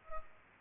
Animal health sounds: mosquito wingbeat signal from an infrared sensor; Culex pipiens

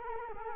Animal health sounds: mosquito wingbeat signal from an infrared sensor; Culex quinquefasciatus

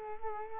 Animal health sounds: mosquito wingbeat signal from an infrared sensor; Culex quinquefasciatus

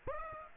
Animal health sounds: mosquito wingbeat signal from an infrared sensor; Aedes aegypti

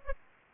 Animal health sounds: mosquito wingbeat signal from an infrared sensor; Aedes aegypti

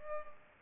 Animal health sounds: mosquito wingbeat signal from an infrared sensor; Culex pipiens

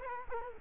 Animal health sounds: mosquito wingbeat signal from an infrared sensor; Culex quinquefasciatus

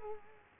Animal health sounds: mosquito wingbeat signal from an infrared sensor; Culex quinquefasciatus

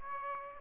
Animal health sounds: mosquito wingbeat signal from an infrared sensor; Aedes aegypti

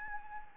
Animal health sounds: mosquito wingbeat signal from an infrared sensor; Anopheles gambiae

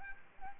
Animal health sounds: mosquito wingbeat signal from an infrared sensor; Aedes aegypti

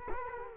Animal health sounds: mosquito wingbeat signal from an infrared sensor; Culex quinquefasciatus

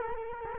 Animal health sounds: mosquito wingbeat signal from an infrared sensor; Culex quinquefasciatus

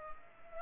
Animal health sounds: mosquito wingbeat signal from an infrared sensor; Culex pipiens

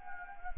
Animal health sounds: mosquito wingbeat signal from an infrared sensor; Anopheles arabiensis

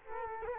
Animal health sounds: mosquito wingbeat signal from an infrared sensor; Culex quinquefasciatus

